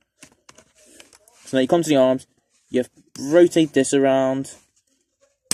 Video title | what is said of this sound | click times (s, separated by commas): transformers marvel crossover xmen expanse | they just pop into place there and just yeah | 5.5 s